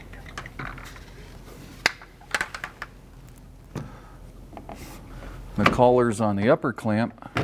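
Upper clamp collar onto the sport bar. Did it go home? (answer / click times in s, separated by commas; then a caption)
no / none. Someone handles the collar of the upper clamp on a Bestop Supertop for a JL while fitting it around the sport bar during a soft top install on an SUV, making a few sharp handling knocks. Near the end, someone talks. Nothing has seated or clicked yet.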